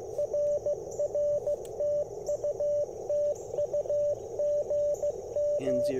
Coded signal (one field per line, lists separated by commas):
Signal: Morse code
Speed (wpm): 18 wpm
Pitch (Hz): 590 Hz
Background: radio noise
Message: RR TU TU GM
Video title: Morning Morse Code - 10/05/2024